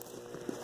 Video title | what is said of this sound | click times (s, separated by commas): 2011 Suburban Leather Seats Part 1 - 5 | So if you kind of push down it, you hear it popping. | 0.0 s